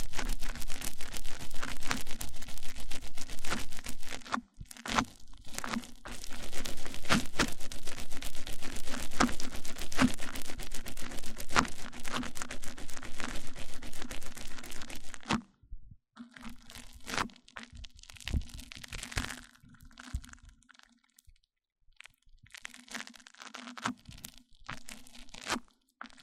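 Mic-on-mic triggers: dense, rapid scratching and crackling taps, with sharp clicks layered over a low steady hum. The rubbing runs almost continuously for the first fifteen seconds, breaking briefly near five seconds, then turns sparser and patchier with short silent gaps.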